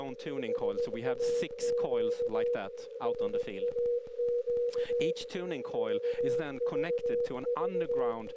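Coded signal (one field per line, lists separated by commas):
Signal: Morse code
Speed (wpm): 17 wpm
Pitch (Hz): 480 Hz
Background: speech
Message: SAQ SAQ VVV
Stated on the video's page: SAQ transmission, live stream.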